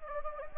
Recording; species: mosquito wingbeat signal from an infrared sensor; Anopheles gambiae